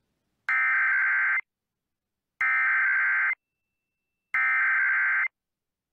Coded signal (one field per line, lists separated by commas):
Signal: Emergency Alert System (SAME) tones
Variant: header bursts